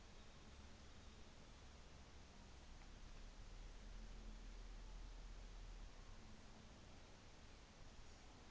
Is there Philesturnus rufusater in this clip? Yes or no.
no